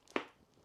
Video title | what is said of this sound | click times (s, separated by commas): I Found The BEST Affordable Luxury Bag 🔥 | Can you hear that? It snaps closed. | 0.2 s